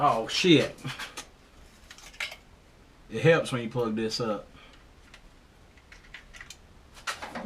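Someone talks while handling the plastic wiring plug for an engine distributor, which was never connected, and pushing the connector onto the distributor. Faint taps and handling noises are heard between the bursts of speech. Nothing has seated or clicked yet.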